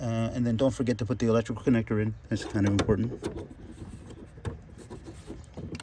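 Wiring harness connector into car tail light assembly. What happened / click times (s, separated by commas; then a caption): Connector being handled, not yet clicked home / none. A wiring harness electrical connector is handled at the plastic tail light housing of a BMW E70 LCI during a tail light upgrade while someone talks. After the talking, a few short, sharp handling knocks are heard, but the connector has not seated or clicked in yet.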